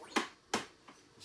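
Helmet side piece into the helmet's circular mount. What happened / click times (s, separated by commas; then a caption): The plastic side piece snapped into its round mount / 0.5 s. The larger side piece of a plastic Star Wars The Black Series Poe Dameron X-Wing collectible pilot helmet is pushed into the helmet's circular mount. A sharp tap sounds at 0.2 s, then a louder, crisp snap at 0.5 s as the piece seats, followed by a faint tick near 0.9 s. The side piece snaps into place.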